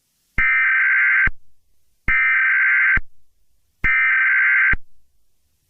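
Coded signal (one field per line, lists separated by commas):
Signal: Emergency Alert System (SAME) tones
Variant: header bursts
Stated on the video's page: Fictional EAS scenario, simulated alert.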